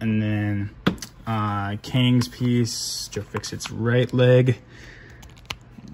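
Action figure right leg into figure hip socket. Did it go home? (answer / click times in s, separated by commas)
yes / 5.5 s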